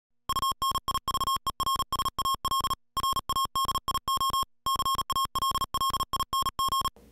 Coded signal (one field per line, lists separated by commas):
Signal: Morse code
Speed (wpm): 37 wpm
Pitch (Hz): 1080 Hz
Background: music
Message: UNIVERSAL RADIO CALLING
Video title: Universal Radio presents the Kenwood TH-K20A Amateur Radio HT